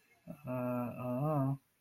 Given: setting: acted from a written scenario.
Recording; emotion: vocal sound without words; shame